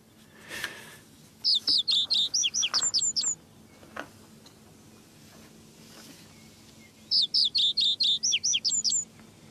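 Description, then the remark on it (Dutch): A reed bunting sings two short, high, rhythmic phrases of repeated chirpy notes, each lasting under two seconds with a pause between, over a quiet background hum. “Onze cursus Herkennen van Vogelzang. Afgelopen weken waren de grote lijster en de veldleverik aan de beurt. En nu is het aan de rietgors.”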